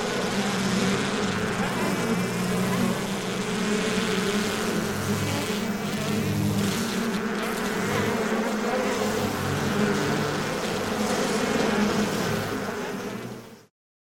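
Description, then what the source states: Bees give a loud, unbroken buzzing drone that holds steady for about thirteen seconds before cutting off abruptly into silence. Beehive, heavy buzzing, close perspective.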